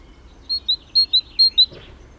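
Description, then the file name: Great tit singing three quick two-note pairs, each a higher note followed by a slightly lower one, bright and evenly spaced. "Parus major"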